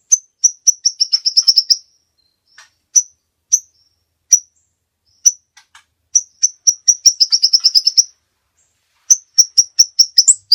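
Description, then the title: Bird song of high thin notes run into fast accelerating series, with single chips in between and quiet gaps. Master recording for training songbirds. "Master Burung Jos"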